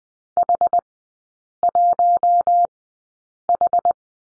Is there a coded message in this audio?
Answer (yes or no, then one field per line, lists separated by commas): yes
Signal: Morse code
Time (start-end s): 0.4-3.9 s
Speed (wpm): 20 wpm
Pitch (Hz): 700 Hz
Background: none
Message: H1H